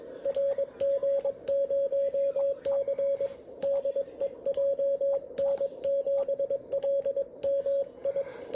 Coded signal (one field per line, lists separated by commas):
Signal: Morse code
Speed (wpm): 22 wpm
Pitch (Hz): 560 Hz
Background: radio noise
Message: RG0C DE JN7LMI